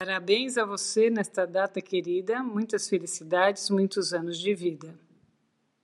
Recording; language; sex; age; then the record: short text; Brazilian Portuguese; female; 50 to 59 years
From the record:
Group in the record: control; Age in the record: 52 years